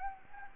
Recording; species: mosquito wingbeat signal from an infrared sensor; Anopheles gambiae